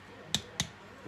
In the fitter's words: Okay, so you hear that little click click, means I've got to that 14 pounds.